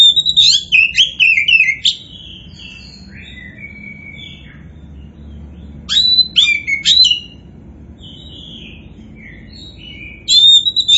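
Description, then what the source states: Oriental magpie-robin song: three bursts of loud, varied whistles and slurred notes, separated by quieter stretches of soft whistles. Kacer poci variety, described as gacor (singing vigorously).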